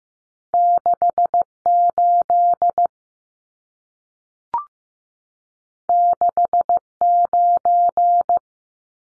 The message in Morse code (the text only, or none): 68 69